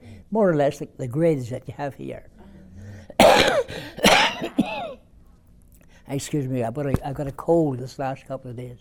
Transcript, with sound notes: Like, more or less the grades that you have here. (He coughs) Excuse me. I --- but I --- I got a cold this last couple of days.